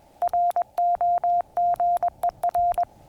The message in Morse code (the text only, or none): ROGER